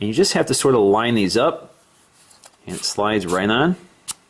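Someone talks while lining up the rails of the plastic back half of a SwitchEasy Clockwork Avant-Garde iPhone 4/4S case with the grooves on the case frame and sliding it on. Brief faint handling ticks sound between the words, and a short sharp tap comes near the end. The back has not snapped home yet; nothing has seated or clicked.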